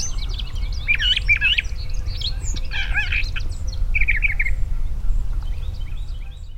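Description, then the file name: Brown thrasher song: varied phrases of rich warbled notes in quick succession, over a constant low rumbling background noise. Recorded in Talbot, Maryland, on 4 March 2012. "Brown Thrasher Talbot MD"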